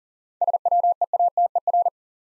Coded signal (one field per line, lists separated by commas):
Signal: Morse code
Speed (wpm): 42 wpm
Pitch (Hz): 700 Hz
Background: none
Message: SWEATER